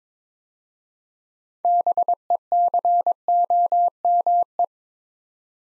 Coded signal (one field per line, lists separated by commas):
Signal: Morse code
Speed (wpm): 22 wpm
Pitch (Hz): 700 Hz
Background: none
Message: BECOME